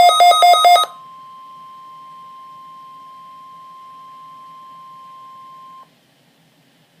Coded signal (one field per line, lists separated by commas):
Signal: Emergency Alert System (SAME) tones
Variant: 1050 Hz attention tone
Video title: Eas 30 ( Required Weekly Test ) 7/24/13